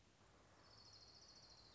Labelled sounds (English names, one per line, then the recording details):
Orange-crowned Warbler
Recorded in Sonoma County, California